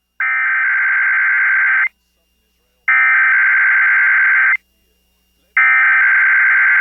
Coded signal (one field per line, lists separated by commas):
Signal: Emergency Alert System (SAME) tones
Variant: header bursts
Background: speech